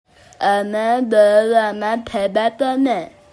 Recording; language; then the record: elicited speech; Bengali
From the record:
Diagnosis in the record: Broca's or global aphasia after a stroke